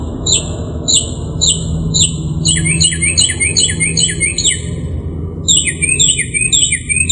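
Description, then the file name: Northern mockingbird singing varied phrases: a series of sweeping whistles, then a faster jumbled twittering, then another run of repeated slurred notes; low hum throughout. "kicauan burung northern mockingbird. omkicau"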